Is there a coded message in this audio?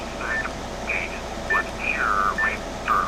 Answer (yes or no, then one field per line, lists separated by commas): no